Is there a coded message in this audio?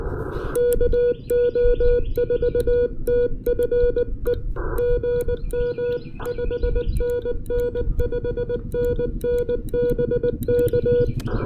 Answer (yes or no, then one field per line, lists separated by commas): yes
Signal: Morse code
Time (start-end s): 0.6-11.0 s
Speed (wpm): 20 wpm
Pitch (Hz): 480 Hz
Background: music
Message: KO4TFE GM 5NN 5NN BK